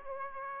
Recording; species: mosquito wingbeat signal from an infrared sensor; Aedes aegypti